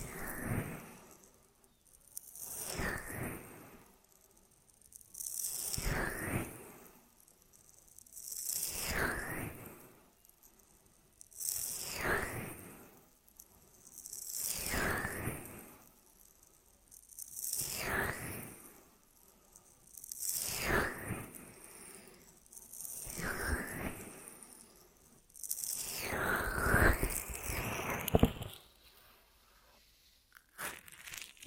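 Hissing rubs sweep past the ear in slow, even waves, one roughly every two to three seconds, each swelling and fading with a soft crinkly, scratchy texture. The strokes grow a little fuller near the end, then stop abruptly into near silence.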